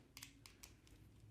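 The plastic end cap of a Roborock S4 Max robot vacuum's main brush roller is being lined up with its arrow and twisted on by hand, giving short, sharp plastic ticks and taps at about 0.2, 0.5, 0.6 and 0.9 seconds over a low, quiet background. The clip ends before the cap locks, so nothing has seated or clicked yet.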